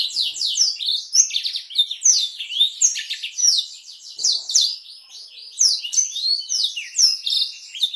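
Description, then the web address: Black-throated canary singing a continuous, rapid jumble of chirps, whistled slurs and dry trills, varying without pause throughout. "blackthroat suara-blackthroat"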